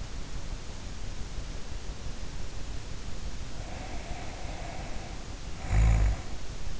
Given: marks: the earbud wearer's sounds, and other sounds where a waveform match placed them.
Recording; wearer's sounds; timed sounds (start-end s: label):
sounds in sleep by an in-ear microphone; snoring breath
3.59-6.40 s: snoring breath